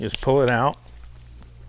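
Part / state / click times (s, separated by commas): nozzle cleaner tool into its holder on the sprayer / not seated / none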